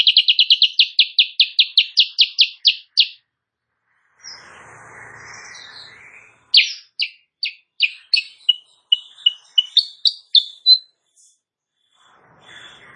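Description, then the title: Sooty-headed bulbul song: a fast series of sharp repeated notes, then a short hissy break and a second run of varied whistled notes. Morning singing in full vigorous form; used as a tutor song (masteran) for training songbirds, said to provoke rival birds into answering. "Masteran Kutilang Sutra. Kutilang Sutra GACOR pagi hari bikin lawannya AUTO NYAUT"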